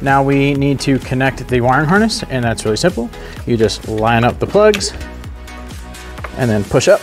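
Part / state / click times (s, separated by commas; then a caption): wiring harness plug onto ignition coil pack / not seated / none. Wiring harness plugs on an Audi 3.0T (C7/B8 S4/SQ5) are lined up over the ignition coil packs and pushed up onto them during a valve cover gasket and spark plug job, while someone talks and music plays. Sharp, short hits are heard at about 5.2 and 6.3 seconds, but the clip ends before the connectors go home, and nothing has clicked or seated yet.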